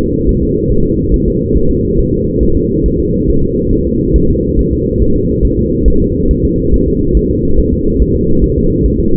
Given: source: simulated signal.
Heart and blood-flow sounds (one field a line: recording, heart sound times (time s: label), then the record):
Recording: fetal heart sounds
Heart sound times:
0.01 s: S2
0.29 s: S1
0.43 s: S2
0.72 s: S1
0.86 s: S2
1.14 s: S1
1.28 s: S2
1.56 s: S1
1.71 s: S2
2.00 s: S1
2.13 s: S2
2.43 s: S1
2.57 s: S2
2.86 s: S1
3.00 s: S2
3.30 s: S1
3.44 s: S2
3.73 s: S1
3.87 s: S2
4.16 s: S1
4.30 s: S2
4.59 s: S1
4.73 s: S2
5.02 s: S1
5.16 s: S2
5.45 s: S1
5.59 s: S2
5.88 s: S1
6.02 s: S2
6.31 s: S1
6.45 s: S2
6.74 s: S1
6.88 s: S2
7.17 s: S1
7.31 s: S2
7.59 s: S1
7.74 s: S2
8.02 s: S1
8.16 s: S2
8.44 s: S1
8.58 s: S2
8.86 s: S1
9.00 s: S2
From the record:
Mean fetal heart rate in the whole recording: 140 bpm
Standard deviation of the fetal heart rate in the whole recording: 2 bpm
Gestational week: 34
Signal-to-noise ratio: -16.4 dB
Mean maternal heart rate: 72 bpm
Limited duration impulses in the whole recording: present